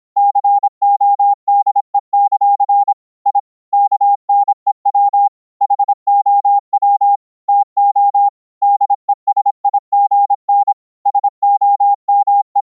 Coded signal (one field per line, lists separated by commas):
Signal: Morse code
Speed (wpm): 26 wpm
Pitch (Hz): 810 Hz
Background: none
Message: CODE; I KNEW HOW TO DESIGN SOME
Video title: using GASSiAN NOiSE CW notes for sending Morse Code over iCW on Mumble - CW regenerated on mumble RX